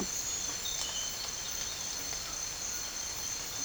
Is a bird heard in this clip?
yes